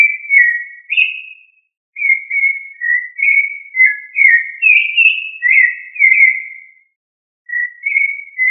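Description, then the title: Thrush song: clear whistled phrases in bursts, a short break early on and a longer silence near the end before the song resumes. "Familia Turdidae - Sabia"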